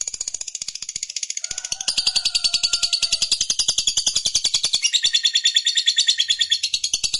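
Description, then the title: Lovebird song: rapid, high twittering chatter that swells in loudness after about two seconds, with a faint tonal whistle early on. Fighter lovebird, described as gacor, singing energetically. "Berkat SUARA Lovebird FIGHTER GACOR Ini"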